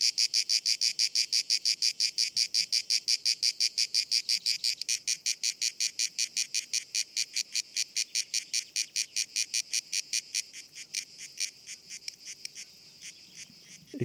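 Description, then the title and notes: Grey cicada giving quick buzzy pulses, loud at first and then growing fainter and less distinct after ten seconds, ending with a brief noise. Known as Cacan in Provence; described as the most abundant and best-known cicada, easily recognised by its particular rhythm. "Nouvelle cigale dans &quot;ECOUTEZ NATURE&quot"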